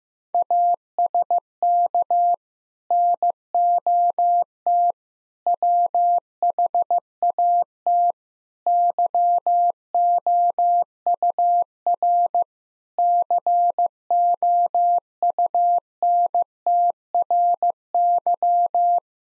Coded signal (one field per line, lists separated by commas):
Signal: Morse code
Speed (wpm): 16 wpm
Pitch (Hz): 700 Hz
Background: none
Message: ASK NOT WHAT YOUR COUNTRY